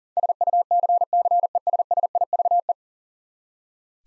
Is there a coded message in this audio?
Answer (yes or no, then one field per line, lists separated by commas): yes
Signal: Morse code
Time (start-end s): 0.2-2.7 s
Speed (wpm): 40 wpm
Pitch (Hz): 700 Hz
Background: none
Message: SUCCESSIVE